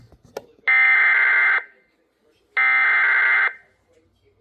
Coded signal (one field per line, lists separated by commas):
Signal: Emergency Alert System (SAME) tones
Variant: header bursts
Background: speech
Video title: TFT DEBUT - EAS Alerts from 2/27-3/1/26 (New EAS 965-973)